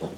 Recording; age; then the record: pig call; piglet (1 to 25 days)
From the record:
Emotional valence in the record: positive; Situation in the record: huddling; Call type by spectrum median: low-frequency call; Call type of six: low-frequency stable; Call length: 0.18 s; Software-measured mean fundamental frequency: 55 Hz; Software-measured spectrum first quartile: 236 Hz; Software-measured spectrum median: 423 Hz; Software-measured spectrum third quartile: 710 Hz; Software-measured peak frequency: 174 Hz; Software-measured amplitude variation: 143 dB a second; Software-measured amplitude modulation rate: 16.7 a second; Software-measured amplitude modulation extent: 8.6 dB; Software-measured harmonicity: 0.5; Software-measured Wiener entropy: -0.27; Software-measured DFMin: 1347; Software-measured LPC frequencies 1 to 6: 473, 2817, 3500, 4478, 5535, 6791 Hz